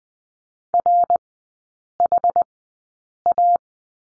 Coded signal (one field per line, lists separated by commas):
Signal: Morse code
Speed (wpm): 20 wpm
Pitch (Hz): 700 Hz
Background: none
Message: RHA